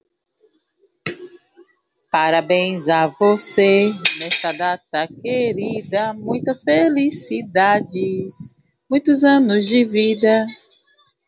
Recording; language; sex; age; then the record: short text; Brazilian Portuguese; female; 30 to 39 years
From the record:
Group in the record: control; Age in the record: 35 years